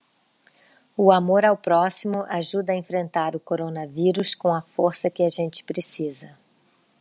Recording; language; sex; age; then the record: spoken sentence; Brazilian Portuguese; female; 40 to 49 years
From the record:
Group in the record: control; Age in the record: 48 years